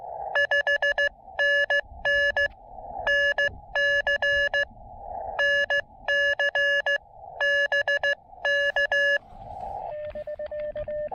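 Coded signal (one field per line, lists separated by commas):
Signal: Morse code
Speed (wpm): 15 wpm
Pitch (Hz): 1700 Hz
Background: none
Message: 5NN NC NC BK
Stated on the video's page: Summits On The Air QRP activation with an Elecraft KX2 and a Chameleon CHA MPAS Lite antenna on Bearwallow Mountain.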